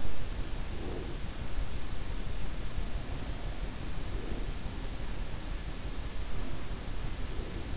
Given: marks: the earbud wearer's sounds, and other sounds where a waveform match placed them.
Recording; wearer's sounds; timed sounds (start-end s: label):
sounds in sleep by an in-ear microphone; breath
0.74-1.22 s: breath
4.13-4.49 s: breath